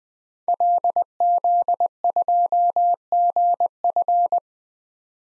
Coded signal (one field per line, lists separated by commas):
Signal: Morse code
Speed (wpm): 20 wpm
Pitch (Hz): 700 Hz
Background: none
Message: LZ2GF